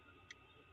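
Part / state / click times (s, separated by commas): fold-down magnifier lens into a magnifying head visor / seated / 0.3 s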